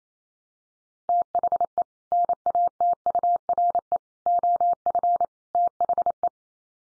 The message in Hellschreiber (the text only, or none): none